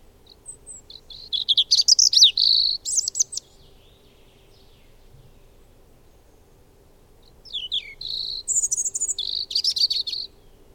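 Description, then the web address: Bird song: a long, varied phrase of high twitters, slurred notes and trills, a quiet gap with a faint hum, then another energetic twittering phrase. "madarak enek"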